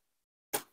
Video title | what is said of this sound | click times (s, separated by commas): Transformers Rise Of The Beasts Scourge - TZ-01 Disaster KO Studio Series 101 Hasbro | ngunci dianya Nah kalau sudah terkunci seperti ini Guys kita bisa ke depan | 0.6 s